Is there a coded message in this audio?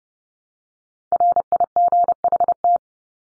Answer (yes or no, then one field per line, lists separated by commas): yes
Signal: Morse code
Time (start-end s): 1.1-2.8 s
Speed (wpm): 30 wpm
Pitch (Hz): 700 Hz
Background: none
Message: RIGHT